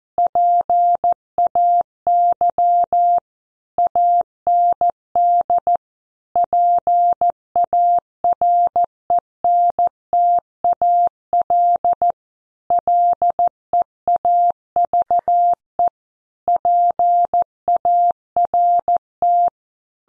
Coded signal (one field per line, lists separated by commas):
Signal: Morse code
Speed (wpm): 14 wpm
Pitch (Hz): 700 Hz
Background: none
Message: PAY AND PARENTAL LEAVE PART